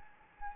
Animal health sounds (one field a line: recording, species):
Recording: mosquito wingbeat signal from an infrared sensor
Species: Anopheles gambiae